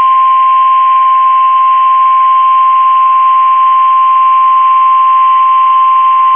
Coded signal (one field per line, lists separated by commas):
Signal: Emergency Alert System (SAME) tones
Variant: 1050 Hz attention tone